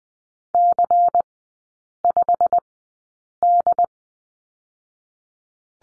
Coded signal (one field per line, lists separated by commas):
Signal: Morse code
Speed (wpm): 20 wpm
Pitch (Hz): 700 Hz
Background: none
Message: C5D